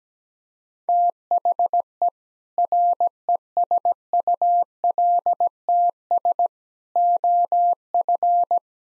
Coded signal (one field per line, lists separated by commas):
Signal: Morse code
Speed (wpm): 17 wpm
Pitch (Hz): 700 Hz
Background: none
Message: THE RESULTS OF